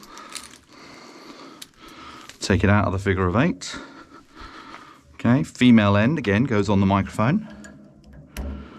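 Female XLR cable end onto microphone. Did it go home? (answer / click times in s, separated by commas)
yes / 8.4 s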